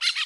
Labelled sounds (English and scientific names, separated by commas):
Brown-throated Parakeet (Eupsittula pertinax) contact call